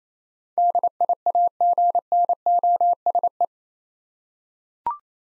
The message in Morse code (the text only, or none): DIAGNOSE